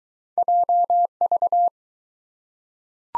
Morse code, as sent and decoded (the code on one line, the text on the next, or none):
.--- ...-
JV